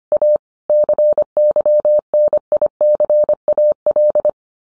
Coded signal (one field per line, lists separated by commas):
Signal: Morse code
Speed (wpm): 25 wpm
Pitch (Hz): 600 Hz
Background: none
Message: A CYNICAL